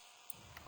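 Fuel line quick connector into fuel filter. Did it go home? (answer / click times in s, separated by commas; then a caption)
yes / 0.3 s. While replacing a fuel filter, a plastic fuel-line quick connector is pushed onto the new filter and snaps home with a single sharp click at 0.3 s, confirming it is secure. A second, slightly softer short sound follows at about 0.6 s over a steady background hum.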